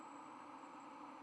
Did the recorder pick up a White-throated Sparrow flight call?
no